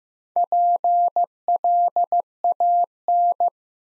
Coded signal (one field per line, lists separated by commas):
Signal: Morse code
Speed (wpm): 15 wpm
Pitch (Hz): 700 Hz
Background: none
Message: PLAN